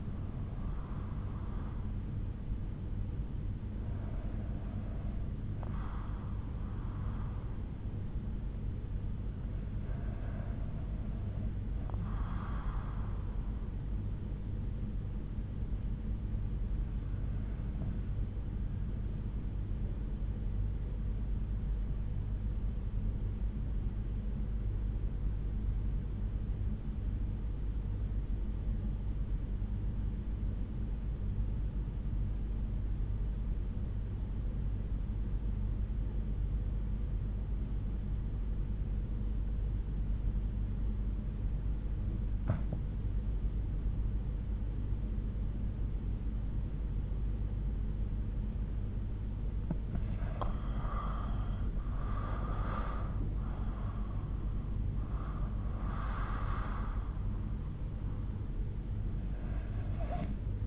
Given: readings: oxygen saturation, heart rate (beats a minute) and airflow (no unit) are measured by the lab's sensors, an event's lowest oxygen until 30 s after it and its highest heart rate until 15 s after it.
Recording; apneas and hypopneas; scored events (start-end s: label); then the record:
breathing in sleep by a smartphone at the bedside; 1
23.00-49.00 s: obstructive apnea (REM, oxygen 95% highest, then 81% lowest, heart rate 67 at the start, 83 highest)
From the record:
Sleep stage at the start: REM sleep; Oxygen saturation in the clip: 81 to 95%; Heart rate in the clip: 64 to 83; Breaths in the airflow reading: 7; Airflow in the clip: -8.9 to 9.8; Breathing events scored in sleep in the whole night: 368 in 8.0 hours asleep